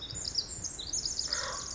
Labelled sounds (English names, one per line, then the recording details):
Pacific Wren
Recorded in Sonoma County, California